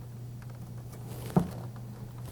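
The back end of a drive bracket that was not seated is pushed into its mount in an Acer G3-710 Predator desktop case, taking a bit of a push. Against a steady low hum and a few faint taps, a sharp click sounds at 1.4 s as the bracket goes in and seats.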